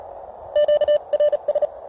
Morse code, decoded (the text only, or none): QRS